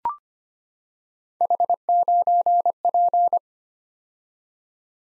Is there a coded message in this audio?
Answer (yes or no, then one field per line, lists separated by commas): yes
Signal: Morse code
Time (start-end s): 1.4-3.4 s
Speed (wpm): 25 wpm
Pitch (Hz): 700 Hz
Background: none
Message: H9P